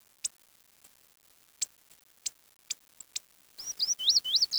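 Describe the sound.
Bird call, a quick series of high, looping chirps near the end, after several sharp ticking clicks spaced irregularly through the first few seconds.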